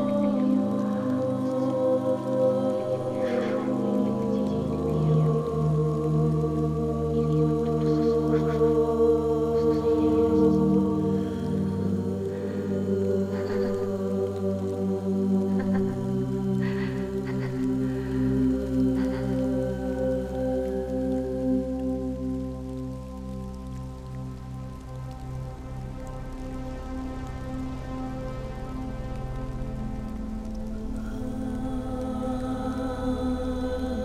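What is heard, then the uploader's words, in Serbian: Rain in a night forest, heard as a soft patter beneath a steady, layered humming drone of sustained tones. The deepest tone drops out around sixteen seconds, the sound thins slightly near twenty-five seconds, and faint drip-like ticks scatter throughout. Киша ноћна шума.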